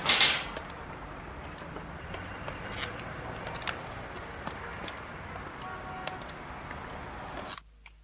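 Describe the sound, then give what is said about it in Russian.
A heavy iron door bursts open with a loud clank at the start as Zheglov, Taraskin and Sharapov open it at a crime scene, followed by a slow, irregular series of their footsteps going down steps over a low rumbling background before a sudden cut. “Жиглов, Тараскин, Шарапов открывают железную дверь, по ступенькам спускаются вниз.”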